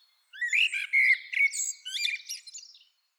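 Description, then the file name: Common blackbird delivering one short song phrase: rich whistled notes first, then a run of shrill, twittery squeaks as it trails off. "Turdus merula"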